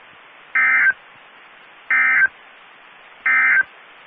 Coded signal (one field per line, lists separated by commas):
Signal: Emergency Alert System (SAME) tones